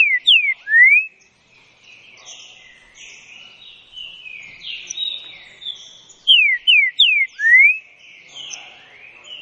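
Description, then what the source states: Green-winged saltator song: a few clear slurred whistles at the start, a softer warbling stretch, then the whistled phrase again about six seconds later. Classic song style (canto clássico); training recording.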